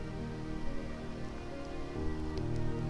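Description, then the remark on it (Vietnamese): Heavy rain suddenly pours down after hot, muggy weather, in a steady, dense wash of hissing noise that swells slightly louder toward the end, with no voices present. “Viên viên chạy ra ngoài tiểu khu bắt xe xong thì trời bỗng đổ mưa to.”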